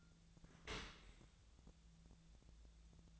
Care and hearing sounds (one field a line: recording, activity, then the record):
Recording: daily activity, microphone in the room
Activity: open dishwasher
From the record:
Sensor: 3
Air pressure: 1000.5 hPa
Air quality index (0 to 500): 173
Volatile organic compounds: 3 ppm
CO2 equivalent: 1495 ppm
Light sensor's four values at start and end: 13/36/14/15 and 13/36/14/15